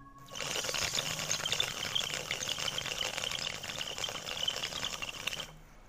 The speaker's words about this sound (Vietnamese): Ông xuống giường đi ra gian khách, hòng làm bi thuốc lào để cho tỉnh táo. Trong đêm vắng, tiếng hút thuốc lào vang lên long sòng sọc.